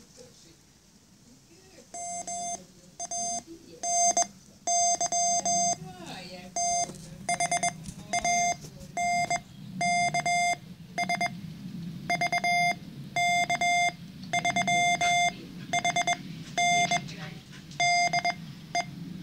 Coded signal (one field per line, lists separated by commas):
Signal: Morse code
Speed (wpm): 21 wpm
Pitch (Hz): 700 Hz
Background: speech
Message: MANY THANKS VK3HN DE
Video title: 9a3xz - cw gift for vk3hn 😃😀😁